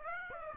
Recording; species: mosquito wingbeat signal from an infrared sensor; Aedes aegypti